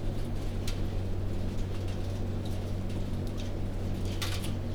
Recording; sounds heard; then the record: poultry house recording; no chicken sound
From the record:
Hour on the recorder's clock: 22